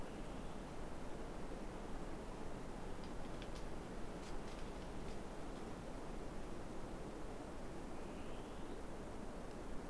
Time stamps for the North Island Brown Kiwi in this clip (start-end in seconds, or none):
none